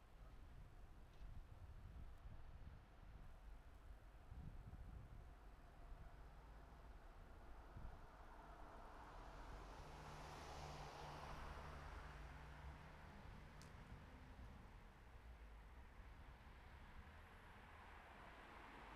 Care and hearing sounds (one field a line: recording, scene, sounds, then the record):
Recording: everyday scene through a hearing-aid microphone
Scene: in traffic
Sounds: traffic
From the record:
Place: city secondary road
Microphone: behind the ear, right, rear